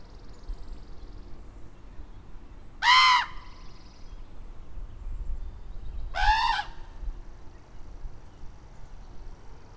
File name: Common Raven - Corvus corax